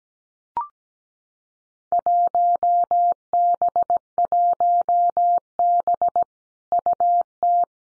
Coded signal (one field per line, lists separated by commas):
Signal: Morse code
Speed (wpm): 17 wpm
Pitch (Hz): 700 Hz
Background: none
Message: 1B1B UT